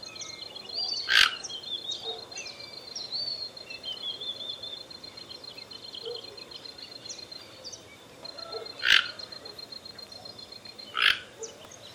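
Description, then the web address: Toco toucan giving three short, harsh croaks spread far apart, over a thin high tone and faint whistles from other birds. "sound Ramphastos-toco. دانلود-صدای-پرنده-توکان-منقاردار"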